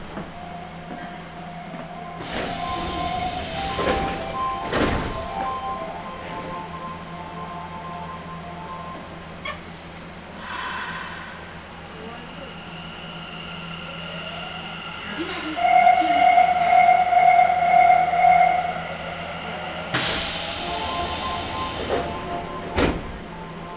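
Aboard a Nagoya Municipal Subway Sakura-dori Line train, a steady low hum runs beneath the whole ride. Bursts of hissing air come around 2–4 and 20–22 seconds, and a rhythmic beeping tone chimes from about 15 to 19 seconds, with brief clunks between.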